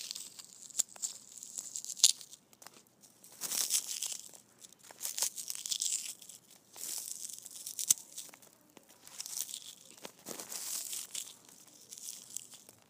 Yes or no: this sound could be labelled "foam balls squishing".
yes